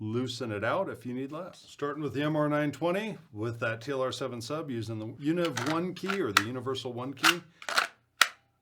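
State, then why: Seated. Someone talks, then an MR920 pistol with a TLR-7 Sub light is pushed into a polymer light-bearing holster. A sharp, loud snap at 8.2 seconds marks the pistol seating in the holster retention.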